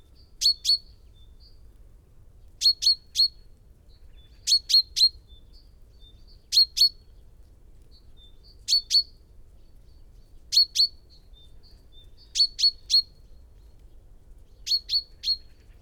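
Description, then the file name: Common chaffinch calls, sharp high chips in clusters of two or three, repeated roughly every two seconds through a steady series. "Fringilla coelebs"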